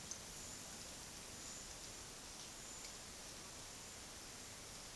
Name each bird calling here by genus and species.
none